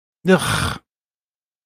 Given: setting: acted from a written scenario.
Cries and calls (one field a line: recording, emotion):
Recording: vocal sound without words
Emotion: disgust